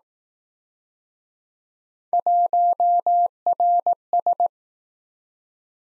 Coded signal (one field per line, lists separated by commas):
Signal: Morse code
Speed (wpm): 19 wpm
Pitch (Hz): 700 Hz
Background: none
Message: 1RS